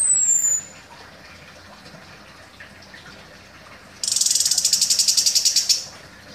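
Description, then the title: Orange-headed thrush song opening with a high thin falling whistle, then quiet, then a long rapid buzzy rattle of repeated pulses. Described as gacor, meaning singing actively. "Anis Kembang Gacor"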